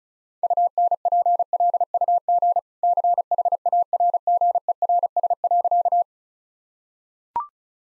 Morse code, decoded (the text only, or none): UNPLUG CHARGERS.